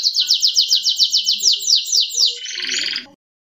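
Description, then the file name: Canary song, a fast run of repeated downslurred high whistles in steady rhythm, ending in a brief buzzy rattle before silence. "kenari robin hood. omkicau"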